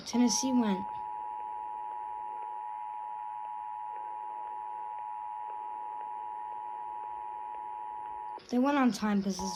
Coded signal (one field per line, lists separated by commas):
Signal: Emergency Alert System (SAME) tones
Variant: 853 and 960 Hz attention tone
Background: speech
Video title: Required Monthly Test (RMT) EAS #40-41 AM 650 WSM And AM 1510 WLAC TN RMT.